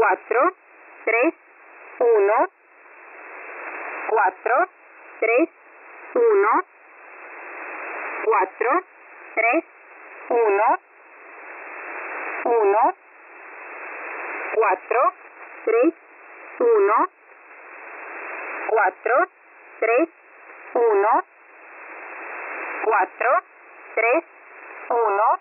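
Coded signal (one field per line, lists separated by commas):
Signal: numbers station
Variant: V07, Spanish female voice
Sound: female voice reading Spanish numbers 'cuatro tres uno' repeatedly through shortwave hiss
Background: radio static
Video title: V07 Spanish Lady 05/05/2024 0700 UTC 14469kHz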